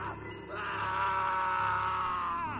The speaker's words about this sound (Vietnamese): kinh hãi hét lên thật to.